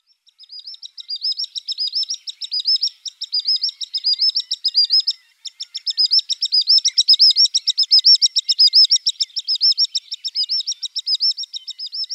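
Common sandpiper giving a long, high, rapid series of thin piping notes, briefly pausing near five seconds, then resuming louder until the end.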